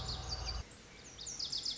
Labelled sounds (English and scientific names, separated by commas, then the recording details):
Lazuli Bunting (Passerina amoena)
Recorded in Sonoma County, California